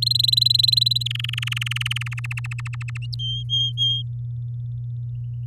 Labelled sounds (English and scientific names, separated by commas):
Domestic Canary (Serinus canaria) song